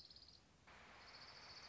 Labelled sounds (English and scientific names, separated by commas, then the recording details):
Orange-crowned Warbler (Leiothlypis celata)
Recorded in Sonoma County, California